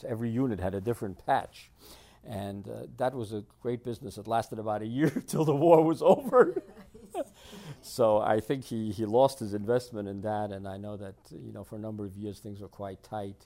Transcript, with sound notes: Every unit had a different patch, and that was a great business that lasted about a year until the war was over. [Laughs] So I think he lost his investment in that and I know that for a number of years things were quite tight.